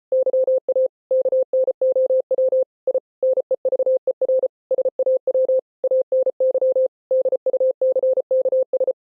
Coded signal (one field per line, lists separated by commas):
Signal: Morse code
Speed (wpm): 33 wpm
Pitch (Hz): 520 Hz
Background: none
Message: YA KNOW I NEVER SAW ANY DUCKS